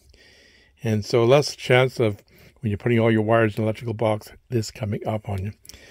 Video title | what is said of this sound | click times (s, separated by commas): Ideal Lever Connectors | press it down it snaps in place here | 0.1 s